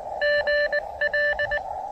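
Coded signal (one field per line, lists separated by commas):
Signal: Morse code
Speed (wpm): 19 wpm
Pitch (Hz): 1750 Hz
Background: none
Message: GL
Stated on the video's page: First Canadian Parks on the Air activation, on 30, 20 and 17 meters.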